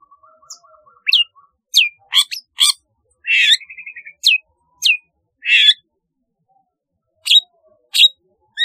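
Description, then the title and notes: Long-tailed shrike song: soft whistled notes at first, then sharp downslurred chirps and a harsh buzzy burst, delivered in an irregular, stop-start pattern. "Kicau Burung Cendet"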